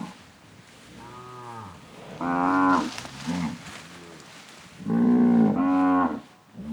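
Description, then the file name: Cattle mooing in quick succession, several harmonic moos, some of them loud. Cattle grazing on grass, mooing. "Gado pastando grama mugidos"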